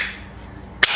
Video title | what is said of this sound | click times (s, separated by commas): WHAT'S NEW AT SHED KNIVES?! | there we go, you get this nice click. | 0.8 s